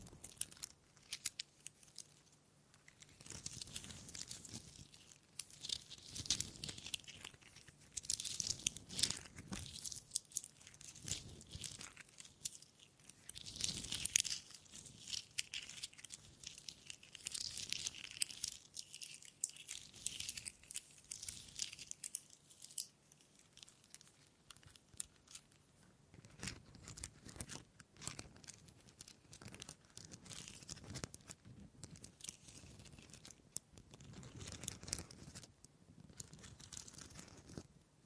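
Wood triggers: quick, irregular scratching and tapping against wood, with crisp crackly textures that come in dense clusters and brief pauses. The sounds are bright and papery, busiest between about 8 and 20 seconds, then continue in shorter, sparser bursts.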